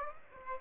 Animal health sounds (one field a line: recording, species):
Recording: mosquito wingbeat signal from an infrared sensor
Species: Aedes aegypti